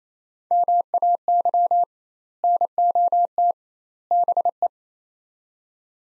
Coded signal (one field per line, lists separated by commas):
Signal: Morse code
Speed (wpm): 28 wpm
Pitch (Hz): 700 Hz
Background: none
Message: MAY NOT BE